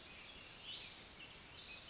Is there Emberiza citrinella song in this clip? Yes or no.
no